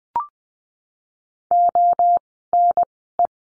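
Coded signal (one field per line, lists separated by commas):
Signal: Morse code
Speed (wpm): 20 wpm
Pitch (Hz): 700 Hz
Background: none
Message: O N E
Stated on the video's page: Morse code course lesson drilling words with the letter I, at Farnsworth speed of 20/10 wpm.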